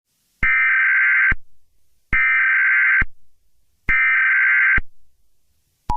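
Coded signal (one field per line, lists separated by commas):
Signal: Emergency Alert System (SAME) tones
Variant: header bursts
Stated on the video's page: Fictional EAS scenario.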